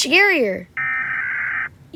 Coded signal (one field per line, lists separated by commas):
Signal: Emergency Alert System (SAME) tones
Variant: header bursts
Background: speech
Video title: Rating EAS alarms